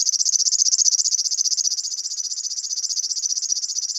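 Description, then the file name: River warbler song, a dry rapid insect-like reeling of fast regular pulses held steadily at high pitch throughout, with no other sounds. "Flodsangare"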